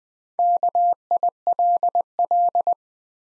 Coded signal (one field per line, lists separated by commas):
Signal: Morse code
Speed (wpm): 20 wpm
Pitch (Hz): 700 Hz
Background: none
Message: KILL